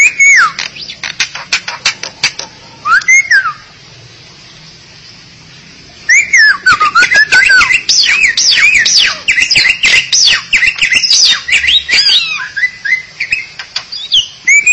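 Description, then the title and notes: Starling or myna song: dense whistled slides mixed with sharp clicks and harsh chattering notes, pausing briefly before a busy, varied burst that fills the rest. "suara burung jalak"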